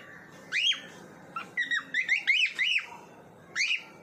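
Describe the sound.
Bird song of short whistled notes, several sharply rising then falling, given in a quick run midway and once more near the end.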